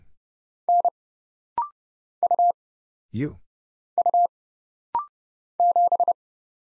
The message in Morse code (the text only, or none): N U U 7